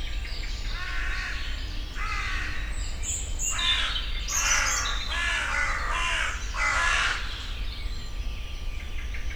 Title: Rue des Gourgues, Fenouillet, France - 09h30-Les corbeaux freux agacent un pic vert